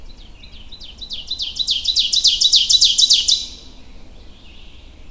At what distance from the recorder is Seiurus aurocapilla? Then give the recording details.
about 25 m. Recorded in boreal forest in Alberta, Canada, on 22 June 2016 at 05:22. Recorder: SongMeter 3, array SBT-6-76. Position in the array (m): 263 m, 97 m. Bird 1